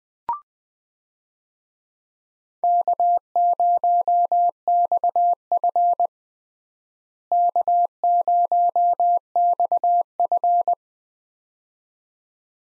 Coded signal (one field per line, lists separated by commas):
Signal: Morse code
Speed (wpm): 20 wpm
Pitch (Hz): 700 Hz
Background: none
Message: K0XF K0XF